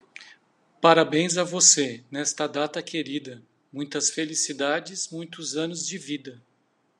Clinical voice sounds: short text; Brazilian Portuguese; male; 40 to 49 years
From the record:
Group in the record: control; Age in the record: 48 years

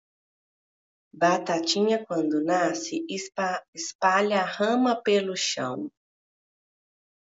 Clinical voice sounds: short text; Brazilian Portuguese; female; 30 to 39 years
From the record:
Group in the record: control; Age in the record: 37 years

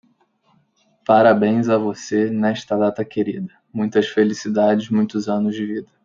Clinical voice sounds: short text; Brazilian Portuguese; male; 20 to 29 years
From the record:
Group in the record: control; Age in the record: 26 years

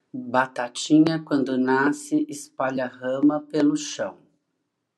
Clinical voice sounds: short text; Brazilian Portuguese; female; 60 to 69 years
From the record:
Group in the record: control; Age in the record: 62 years

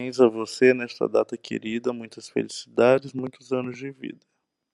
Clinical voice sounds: short text; Brazilian Portuguese; male; 20 to 29 years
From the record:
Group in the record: control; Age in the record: 29 years

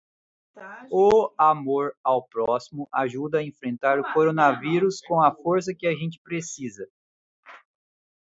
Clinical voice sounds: spoken sentence; Brazilian Portuguese; male; 30 to 39 years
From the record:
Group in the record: control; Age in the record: 39 years

